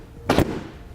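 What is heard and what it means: A plastic front bumper cover on a 2016 Jeep Cherokee is pushed back into its clips along the fender edge. A sharp, bright snap is heard at 0.3 s, with a short broadband burst lasting to about 0.4 s before it fades to a quiet background. The bumper cover clips are seated into the fender.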